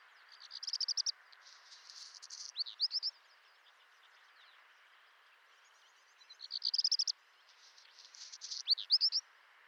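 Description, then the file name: Black redstart song: two phrases several seconds apart, each with a rapid high rattle, a crackling scratchy stretch and closing whistled notes. "Rougequeue noir"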